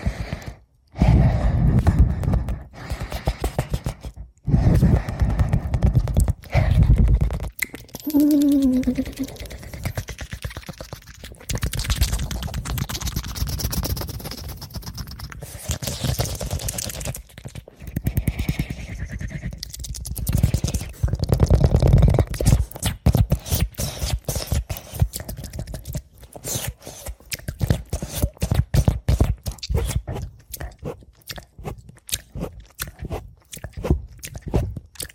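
Fast ASMR mouth sounds: dense, crunchy clicks and wet smacks follow one another with only brief gaps. Around eight to nine seconds a short tonal hum or voiced sound rises and falls, and the final ten seconds break into sparser, choppier bursts.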